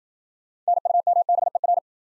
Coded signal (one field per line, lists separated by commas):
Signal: Morse code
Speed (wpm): 54 wpm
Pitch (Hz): 700 Hz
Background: none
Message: NUMBER